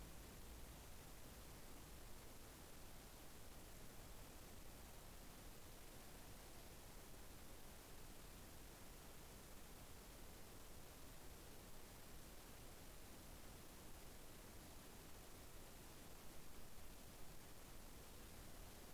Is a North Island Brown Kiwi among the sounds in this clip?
no